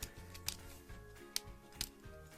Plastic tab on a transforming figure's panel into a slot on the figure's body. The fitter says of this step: you go and it just pops in like that and then you fold that piece up